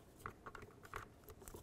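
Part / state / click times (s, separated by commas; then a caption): window switch connector into door harness / not seated / none. A window switch electrical connector is handled as it is plugged back into the door harness of a 2000-2005 Buick LeSabre during a side mirror replacement. Short, faint plastic ticks and taps occur around 0.3, 0.5, 0.6, 1.0 and 1.5 seconds over a quiet background. Nothing has seated or clicked yet.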